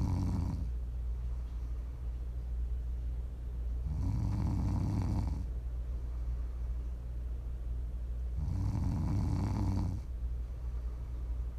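Low, rumbling snores from an adult sleeper about every four seconds, roughly 14 per minute, over a steady background hum; ordinary sleep snoring, offered as ASMR for relaxing and falling asleep.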